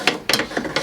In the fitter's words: that bracket is so slick just slide it right in there you heard it click in and there it is